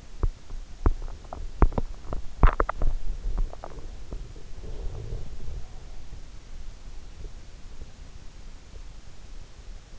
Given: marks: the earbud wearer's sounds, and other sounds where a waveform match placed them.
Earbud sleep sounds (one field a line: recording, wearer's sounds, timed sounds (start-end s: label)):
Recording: sounds in sleep by an in-ear microphone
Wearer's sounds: teeth grinding, swallowing, body movement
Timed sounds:
0.00-2.17 s: teeth grinding
2.32-2.92 s: swallowing
3.20-6.13 s: body movement